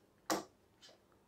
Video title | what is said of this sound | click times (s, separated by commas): 16GB RAM Unboxing & Review in telugu - Corsair Vengeance RAM Unboxing in telugu - Technical Srikanth | మిత్రులారా, ఇక్కడ ఇది ఆటోమేటిక్‌గా lock అయిపోయింది. | 0.3 s